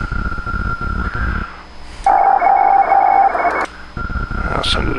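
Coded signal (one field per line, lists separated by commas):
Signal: Hellschreiber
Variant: Feld Hell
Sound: a man talks, then a brief buzzy, rapidly chopped tone burst, then talking resumes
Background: man speaking, radio static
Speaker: my call. I'll send it again.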